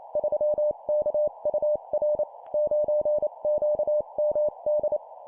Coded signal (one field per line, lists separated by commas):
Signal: Morse code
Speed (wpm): 28 wpm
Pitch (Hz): 600 Hz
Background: none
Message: 3KUR 9QMD